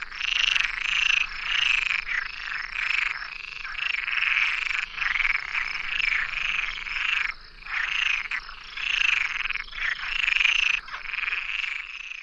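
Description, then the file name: Frog giving rasping pulsed croaks in a near-continuous series, with a few brief pauses. "RANA COMUN"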